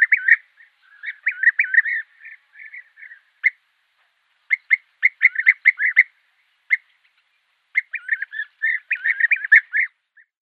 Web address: Schulze Peter European Bee-eater